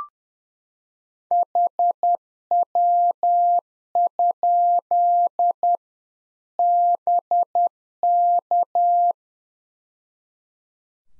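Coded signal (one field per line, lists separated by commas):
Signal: Morse code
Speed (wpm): 10 wpm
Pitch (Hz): 700 Hz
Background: none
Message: HW? BK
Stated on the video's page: Practice QSO in Morse code at 10 wpm, one-sided, for head-copy training.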